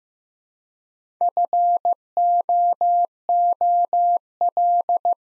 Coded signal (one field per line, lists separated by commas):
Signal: Morse code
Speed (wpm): 15 wpm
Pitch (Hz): 700 Hz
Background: none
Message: FOOL